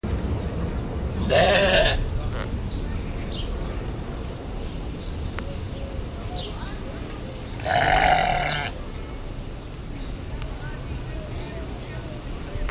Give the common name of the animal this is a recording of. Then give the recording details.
Argali. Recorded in captivity. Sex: pair. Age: adult. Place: Zoo Halle, Sachsen-Anhalt, DE. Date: 1969-07-05 11:28. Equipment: Uher 4200 Report Stereo, Sennheiser MD 421. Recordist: Tembrock, Günter. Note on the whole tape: Paar: Rufe beider Tiere, laufen dabei herum. Abstand: 10 m